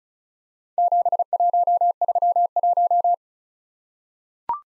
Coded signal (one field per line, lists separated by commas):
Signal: Morse code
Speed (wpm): 36 wpm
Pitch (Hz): 700 Hz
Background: none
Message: 7131